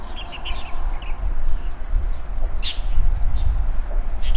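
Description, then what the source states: Bird chirps come in brief bursts of two or three quick notes, with a constant deep rumbling noise underneath. Birds playfully active in the branches in front of a rural country house, early morning, heard from an opened window; scene described as harmonious and quiet.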